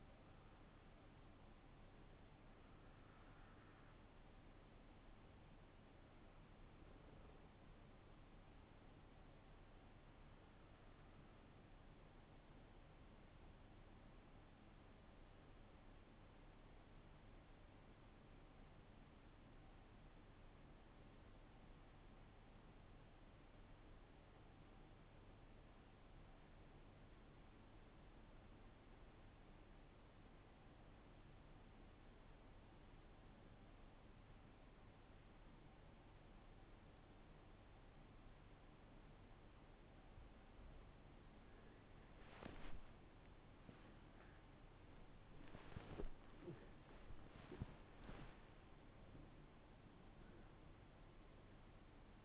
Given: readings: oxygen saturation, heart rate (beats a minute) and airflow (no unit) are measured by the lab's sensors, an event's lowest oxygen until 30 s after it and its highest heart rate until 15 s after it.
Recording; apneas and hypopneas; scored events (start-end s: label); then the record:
breathing in sleep by a voice recorder at the bedside; 1
4.00-34.00 s: new sleep stage, N1 (lightest sleep)
10.00-42.30 s: hypopnea (N1, oxygen 94% highest, then 88% lowest, heart rate 54 at the start, 67 highest)
34.00-52.25 s: new sleep stage, awake
40.00-52.25 s: awake
From the record:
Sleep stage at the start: N2 (light sleep); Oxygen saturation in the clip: 87 to 94%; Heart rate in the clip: 47 to 64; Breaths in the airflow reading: 7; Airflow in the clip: -9.4 to 14.3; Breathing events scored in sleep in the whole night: 388 in 6.5 hours asleep